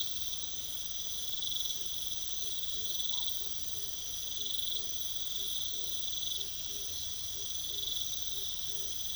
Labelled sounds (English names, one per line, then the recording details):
none
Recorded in pastures near Puerto Asís, Putumayo, Colombia, on 21 December 2024 at 23:30
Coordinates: 0.486, -76.323
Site GP01